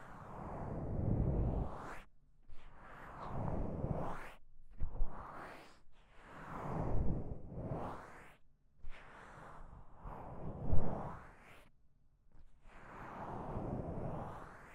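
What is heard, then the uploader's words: Ear massage sounds come as soft, rubbing swooshes, each swelling and fading over one to two seconds. Short silent gaps separate most strokes, roughly every two seconds. The rubbing is mostly low and muffled, with a faint bright hiss at the peaks. ASMR×KU100 | 搓耳朵!!我搓搓搓. Ear Massage | NO Talking.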